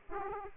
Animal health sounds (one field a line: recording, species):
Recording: mosquito wingbeat signal from an infrared sensor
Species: Aedes aegypti